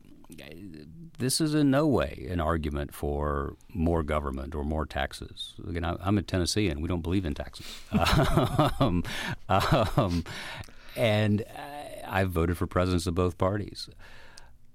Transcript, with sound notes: this is in no way an argument for more government or more taxes. You know, I'm in Tennessee, and we don't believe in taxes.
(LAUGHTER)
And I've voted for presidents of both parties.